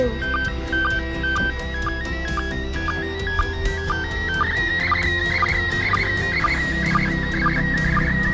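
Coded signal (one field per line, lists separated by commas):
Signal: SSTV (slow-scan television)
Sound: warbling, chirping tone with short regular low blips about twice a second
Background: room noise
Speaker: มันมาจากดาวเทียมเองนี่ว่าใช้มาดูรูปลงมาแล้วเนี่ย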